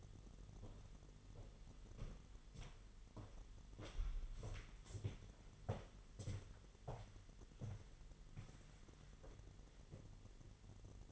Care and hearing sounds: daily activity, microphone in the room; walk to room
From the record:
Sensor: 4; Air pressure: 989.0 hPa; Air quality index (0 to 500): 205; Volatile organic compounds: 51 ppm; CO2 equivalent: 3311 ppm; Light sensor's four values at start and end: 29/99/36/38 and 28/97/36/38

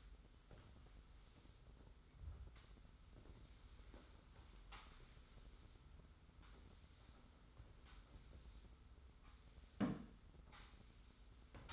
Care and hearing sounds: daily activity, microphone in the room; sweep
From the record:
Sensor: 3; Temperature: 25.5 degrees Celsius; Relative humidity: 40.5%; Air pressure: 991.3 hPa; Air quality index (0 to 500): 141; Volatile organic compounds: 321 ppm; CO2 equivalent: 4526 ppm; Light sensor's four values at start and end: 54/146/60/53 and 54/145/59/53

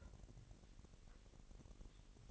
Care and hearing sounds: daily activity, microphone in the room; take from stove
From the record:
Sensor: 4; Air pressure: 1012.9 hPa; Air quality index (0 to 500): 237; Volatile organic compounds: 4 ppm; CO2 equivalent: 1577 ppm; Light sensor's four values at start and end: 28/66/27/26 and 27/65/26/25

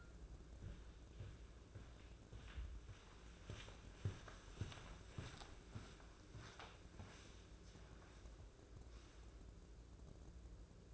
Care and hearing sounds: daily activity, microphone in the room; walk to room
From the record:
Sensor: 2

